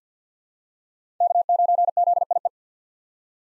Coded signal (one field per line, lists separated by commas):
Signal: Morse code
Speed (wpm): 50 wpm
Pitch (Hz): 700 Hz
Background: none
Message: K9ZIE